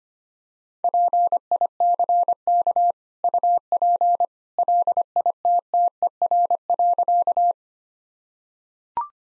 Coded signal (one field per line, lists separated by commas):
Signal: Morse code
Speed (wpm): 25 wpm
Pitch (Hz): 700 Hz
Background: none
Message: PICK UP LITTER.